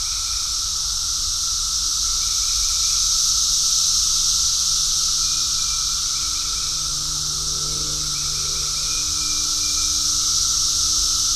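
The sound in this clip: Cicadas keep up a steady hissing drone; faint short notes come and go, and low humming tones run beneath, with a brief soft disturbance around the eighth second.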